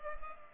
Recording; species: mosquito wingbeat signal from an infrared sensor; Culex pipiens